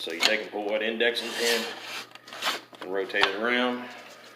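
Someone talks while the indexing pin on the rotating saw carriage of a Milwaukee 15 amp vertical panel saw is pulled and the saw head is turned toward the cross-cut position, with light rubbing and handling noises. The pin has not yet dropped into place: nothing has seated or clicked.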